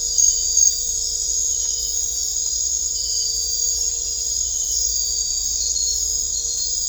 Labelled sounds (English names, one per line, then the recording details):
none
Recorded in dense forest near Puerto Asís, Putumayo, Colombia, on 16 December 2024 at 22:30
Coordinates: 0.500, -76.322
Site G053